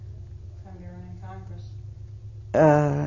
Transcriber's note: other voices speak